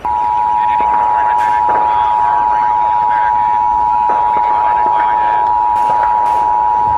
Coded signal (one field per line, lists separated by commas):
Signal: Emergency Alert System (SAME) tones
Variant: 853 and 960 Hz attention tone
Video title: Eas Scenario: Paw Patrol es Invadido por Calle Dalmatas 101 (2/2) contexto en la descripción